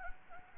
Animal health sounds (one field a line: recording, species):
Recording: mosquito wingbeat signal from an infrared sensor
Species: Anopheles gambiae